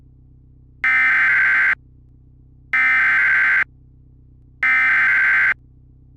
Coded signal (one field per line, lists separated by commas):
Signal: Emergency Alert System (SAME) tones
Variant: header bursts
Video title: EAS Scenario Nightmarenado!